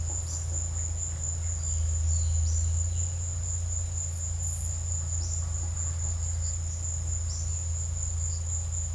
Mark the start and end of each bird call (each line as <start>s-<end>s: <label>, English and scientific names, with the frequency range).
0.24s-0.38s: Yellow-browed Tody-Flycatcher (Todirostrum chrysocrotaphum) (3.4-6.6 kHz)
5.19s-5.35s: Yellow-browed Tody-Flycatcher (Todirostrum chrysocrotaphum) (4.5-6.8 kHz)
7.28s-7.37s: Yellow-browed Tody-Flycatcher (Todirostrum chrysocrotaphum) (4.0-6.7 kHz)